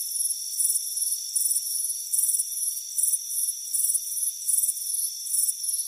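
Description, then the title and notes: Cricket chirping in several sharp high bursts, with a constant ringing background chorus. Crickets chirping on a warm afternoon on a front porch, a soothing sound. "Soothing Crickets Chirping Sound. It's a warm afternoon as you relax in a hammock on the front porch. Relax and fall asleep to the soothing sound of chirping crickets. Deep Sleep Sounds"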